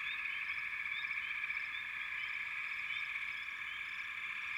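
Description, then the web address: Frogs calling in chorus: a continuous buzzing drone with brief upswept chirps from several animals layered on top. "Nature Sounds Sounds of Nature Collection 28 Frog Chourus"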